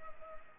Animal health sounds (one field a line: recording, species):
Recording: mosquito wingbeat signal from an infrared sensor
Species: Culex pipiens